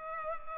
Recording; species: mosquito wingbeat signal from an infrared sensor; Culex pipiens